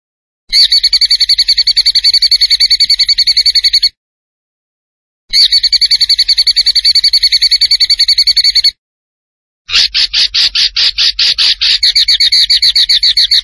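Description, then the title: Zebra finch repeating sustained, fast metallic trills of three to four seconds each, the last one opening with slower, louder pulsed notes before settling into the rapid run. Master recording for training cage birds. "Masteran Burung Tembakan Gacor"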